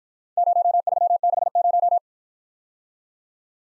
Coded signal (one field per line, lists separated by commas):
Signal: Morse code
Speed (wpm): 54 wpm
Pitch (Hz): 700 Hz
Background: none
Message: 0360